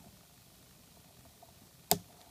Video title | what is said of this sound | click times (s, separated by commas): Rainbow Loom Loomigurumi Tiny Tot Pennywise Clown / Stephen King Movie IT, made with loom bands | to secure them in place I'm going to use the backing and I like to hear the click once there | 1.9 s